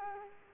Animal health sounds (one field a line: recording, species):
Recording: mosquito wingbeat signal from an infrared sensor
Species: Culex quinquefasciatus